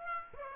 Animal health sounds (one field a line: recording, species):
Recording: mosquito wingbeat signal from an infrared sensor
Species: Aedes aegypti